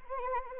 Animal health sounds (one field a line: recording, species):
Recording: mosquito wingbeat signal from an infrared sensor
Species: Anopheles arabiensis